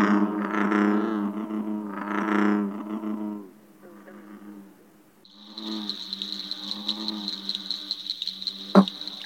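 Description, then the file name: American bullfrog giving two deep, resonant droning calls in the opening seconds, then a steady high insect buzz fills the background. "Lang Elliott - Bullfrog"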